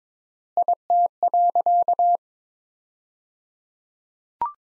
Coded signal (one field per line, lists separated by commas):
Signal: Morse code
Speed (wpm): 22 wpm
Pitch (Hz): 700 Hz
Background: none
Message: IT.